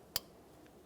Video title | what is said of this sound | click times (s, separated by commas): How to Replace Power Steering Pressure Line Hose Assembly 2003-2007 Honda Accord | there's a nice click | 0.2 s